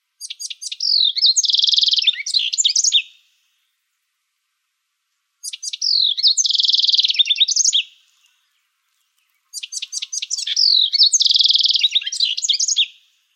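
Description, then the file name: House wren song: three bubbling, chattering phrases of rapid notes with a buzzy trill in the middle, separated by pauses. Recorded in Arizona on 22 May 2005. "HOWR 5 D deviche"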